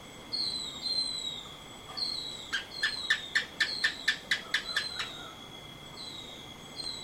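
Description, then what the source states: Silvereye giving thin, high descending whistled notes, interrupted midway by a rapid series of about ten sharp ticking pulses, over a steady high whine. Subspecies vegetus.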